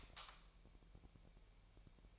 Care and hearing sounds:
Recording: daily activity, microphone in the room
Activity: light off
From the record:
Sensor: 1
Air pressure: 1001.9 hPa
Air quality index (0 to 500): 249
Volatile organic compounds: 54 ppm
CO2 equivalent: 3348 ppm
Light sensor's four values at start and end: 15/48/19/20 and 5/11/4/5

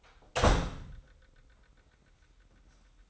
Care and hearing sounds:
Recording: daily activity, microphone in the room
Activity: close door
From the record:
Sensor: 3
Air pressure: 990.4 hPa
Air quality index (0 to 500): 170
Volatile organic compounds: 1000 ppm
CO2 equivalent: 5494 ppm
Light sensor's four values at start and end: 48/112/46/43 and 48/113/46/44

